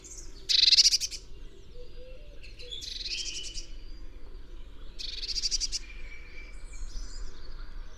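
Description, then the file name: Eurasian blue tit giving a few harsh, buzzy churring bursts. "Cyanistes caeruleus"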